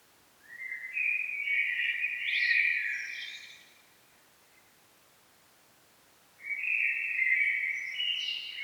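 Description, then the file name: Common blackbird with two rich warbled phrases, low flute-like notes followed by shrill twittering, separated by a brief silence. "Turdus merula"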